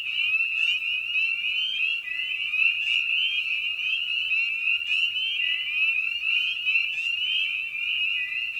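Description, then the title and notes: Spring peeper chorus: countless short, high upslurred peeps blend into a continuous ringing sound, over a fainter layer of lower notes. Spring peepers recorded at a frog pond in the evening; presented in a modified format intended as a sleep aid. "Episode 5: Night of the Peepers. we return to the frog pond for a meditative evening. Species in Focus: Spring Peeper (Pseudacris crucifer). Written, recorded, and produced by Ian Carlsen"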